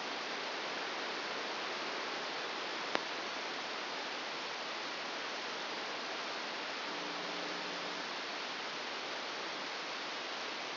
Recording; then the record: brain microelectrode recording played as sound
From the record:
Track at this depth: inside the subthalamic nucleus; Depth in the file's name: 4.208 mm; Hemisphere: right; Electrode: 2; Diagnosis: Parkinson's disease